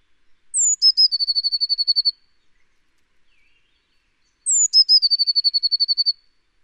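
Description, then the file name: Eurasian blue tit giving two bright phrases, each a high falling note then a long, rapid trill, separated by a pause. "Cyanistes caeruleus"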